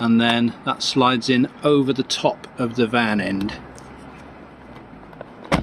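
Someone talks while the mains hookup cable plug, with its cap opened 90 degrees, is slid over the van end of the power inlet on a 2024 Rimor Horus 38 campervan. Quiet handling noises follow, with a short sharp sound near 5.5 s. The plug is handled but has not seated or clicked home yet.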